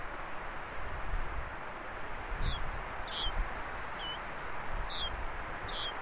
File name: yellow bridled finch